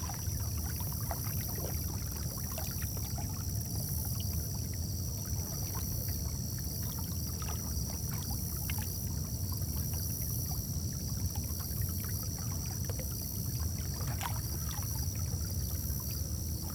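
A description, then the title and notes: A lake at night, with a steady low rumble of water and a constant high, shimmering insect drone over everything. Soft knocks, drips and light lapping sounds come every second or so, like water against a small boat. Night at the Lake.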